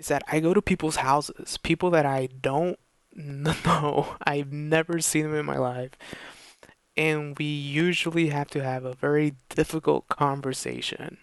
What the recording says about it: And so it takes a while as a person who stutters to get comfortable in the office at work.